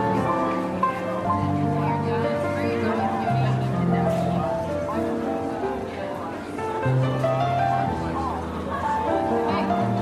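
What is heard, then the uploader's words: Soft piano tunes play steadily beneath a dense, continuous murmur of market chatter, with occasional brighter clinks and passing voices throughout. Calming Holiday Jazz Piano and Market Ambience. Classic holiday tunes play on the piano, and all are merry and warm.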